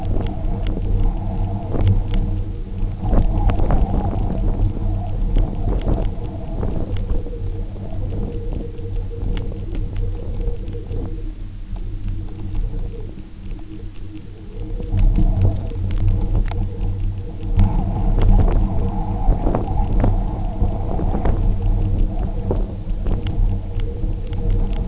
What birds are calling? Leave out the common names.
none